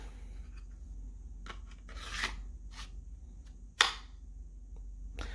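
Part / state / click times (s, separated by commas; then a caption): handgun into a polymer holster / seated / 3.8 s. A handgun is pushed down into a molded polymer (Kydex-style) holster, with soft sliding and rubbing sounds as it goes in. At 3.8 s a sharp, loud click rings out as the holster's retention snaps over the trigger guard, and the pistol is seated. A fainter tap follows near the end.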